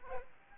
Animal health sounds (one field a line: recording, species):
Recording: mosquito wingbeat signal from an infrared sensor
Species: Aedes albopictus